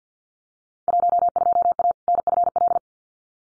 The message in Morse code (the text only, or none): 12A NFL